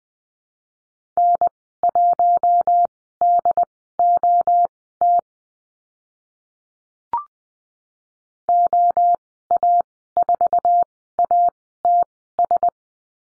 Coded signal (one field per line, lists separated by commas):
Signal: Morse code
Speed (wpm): 20 wpm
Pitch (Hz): 700 Hz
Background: none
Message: N1DOT OA4ATS